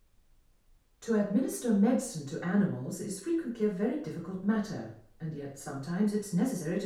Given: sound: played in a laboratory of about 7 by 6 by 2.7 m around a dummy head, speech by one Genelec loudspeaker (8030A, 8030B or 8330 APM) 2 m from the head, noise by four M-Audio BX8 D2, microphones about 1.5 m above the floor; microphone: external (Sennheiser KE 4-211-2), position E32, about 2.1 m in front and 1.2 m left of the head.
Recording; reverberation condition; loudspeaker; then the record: female speech in English; medium; 120 degrees to the right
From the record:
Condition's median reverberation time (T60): about 510 ms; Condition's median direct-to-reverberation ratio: about -0.5 dB